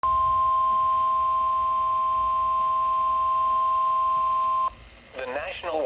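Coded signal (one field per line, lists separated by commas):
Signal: Emergency Alert System (SAME) tones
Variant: 1050 Hz attention tone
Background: speech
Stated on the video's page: Special marine warning on weather radio, issued for a waterspout.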